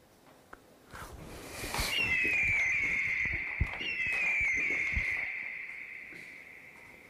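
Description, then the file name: Bird of prey giving a long, thin, wavering whistle at a fairly steady high pitch for about three seconds, over scattered clicks and rustling. "rapace"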